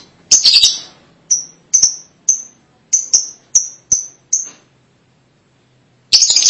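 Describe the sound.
Lovebird calls, a harsh squeaky burst, then a string of short piercing chirps, a quiet gap, and another harsh burst at the end.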